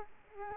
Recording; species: mosquito wingbeat signal from an infrared sensor; Culex quinquefasciatus